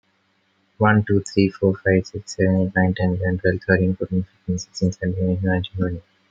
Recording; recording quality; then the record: counting at a fast pace; excellent, no background noise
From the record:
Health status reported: healthy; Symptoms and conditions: asthma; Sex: male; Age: 22 years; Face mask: not worn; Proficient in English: yes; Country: India